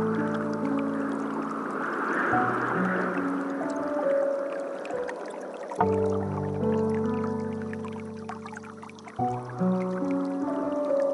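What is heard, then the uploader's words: Soft piano plays slow, sustained chords that shift every few seconds, with new chords arriving around two, six and nine seconds in. Beneath them a steady, gentle murmur of running water hisses continuously, keeping the overall level calm and even. Soothing Piano and Water Stream. Serene piano music and the gentle murmur of a Japanese water stream.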